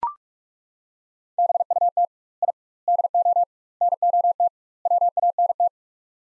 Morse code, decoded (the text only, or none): BUT I DO NOT WANT